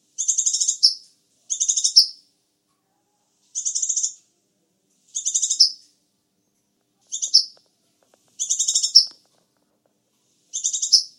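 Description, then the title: Sunbird chirping song: high, thin trilled bursts under a second long, each ending in a buzzy flourish, repeated seven times with short silent gaps. "kicau kolibri"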